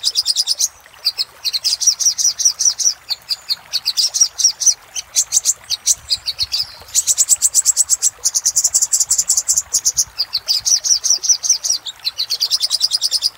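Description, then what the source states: Little spiderhunter song: long runs of fast, high chip notes, broken by short gaps. Master recording for training cage birds; local name sogok ontong, labaik type.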